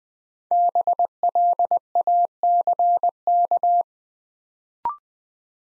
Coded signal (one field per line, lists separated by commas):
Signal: Morse code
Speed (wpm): 20 wpm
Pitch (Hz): 700 Hz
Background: none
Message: BLACK